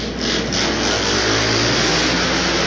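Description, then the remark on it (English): Race engines roar continuously at high volume during a race in which Justin Ellswick leads from the number 2 starting position, fighting with number 59; a dense, gritty drone with a low pitch that wavers and climbs slightly, and no voices over it. “Ellswick blew an engine.”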